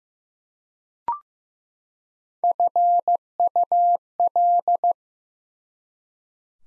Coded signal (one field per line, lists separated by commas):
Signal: Morse code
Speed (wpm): 15 wpm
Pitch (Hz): 700 Hz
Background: none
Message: FUL